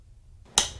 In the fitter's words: the latch at the top of the battery should click into place when the battery is inserted